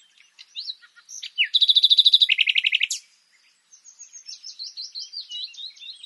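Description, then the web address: Common nightingale song: scattered notes, a loud fast rattle of repeated notes, a brief pause, then softer high twittering phrases. "SETE Luscinia megarhynchos"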